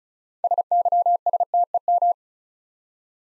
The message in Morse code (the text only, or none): SYSTEM